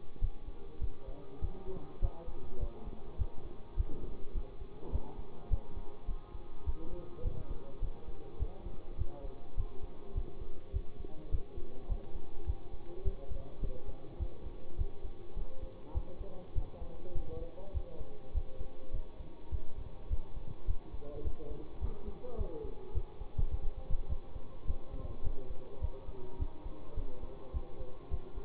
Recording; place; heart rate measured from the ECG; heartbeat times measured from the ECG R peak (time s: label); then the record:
heart sounds by stethoscope; between the tricuspid and mitral areas; 103 bpm
0.20 s: heartbeat
0.80 s: heartbeat
1.41 s: heartbeat
2.01 s: heartbeat
2.59 s: heartbeat
3.18 s: heartbeat
3.76 s: heartbeat
4.34 s: heartbeat
4.92 s: heartbeat
5.50 s: heartbeat
6.07 s: heartbeat
6.65 s: heartbeat
7.24 s: heartbeat
7.81 s: heartbeat
8.39 s: heartbeat
8.98 s: heartbeat
9.56 s: heartbeat
10.14 s: heartbeat
10.73 s: heartbeat
11.31 s: heartbeat
11.88 s: heartbeat
12.46 s: heartbeat
13.04 s: heartbeat
13.61 s: heartbeat
14.19 s: heartbeat
14.77 s: heartbeat
15.35 s: heartbeat
15.93 s: heartbeat
16.54 s: heartbeat
17.14 s: heartbeat
17.73 s: heartbeat
18.33 s: heartbeat
18.92 s: heartbeat
19.51 s: heartbeat
20.09 s: heartbeat
20.66 s: heartbeat
21.23 s: heartbeat
21.81 s: heartbeat
22.37 s: heartbeat
22.94 s: heartbeat
23.50 s: heartbeat
24.08 s: heartbeat
24.66 s: heartbeat
25.23 s: heartbeat
25.81 s: heartbeat
26.38 s: heartbeat
26.96 s: heartbeat
27.53 s: heartbeat
28.10 s: heartbeat
From the record:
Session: bicycle stress test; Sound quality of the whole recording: good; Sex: male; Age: 24 years